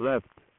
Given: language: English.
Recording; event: throat vibration sensor signal played as sound; speech